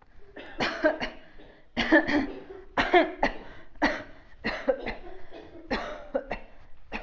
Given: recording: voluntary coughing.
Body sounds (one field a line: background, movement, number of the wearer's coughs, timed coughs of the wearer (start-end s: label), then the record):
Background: a bystander coughing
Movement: walking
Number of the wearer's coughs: 11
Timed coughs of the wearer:
0.58-0.97 s: cough
1.00-1.24 s: cough
1.76-2.02 s: cough
2.75-3.09 s: cough
3.20-3.41 s: cough
3.80-4.08 s: cough
4.43-4.75 s: cough
4.78-5.11 s: cough
5.69-6.23 s: cough
6.29-6.49 s: cough
6.88-7.03 s: cough
From the record:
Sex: female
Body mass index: 22.6 kg/m2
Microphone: on the chest, facing outward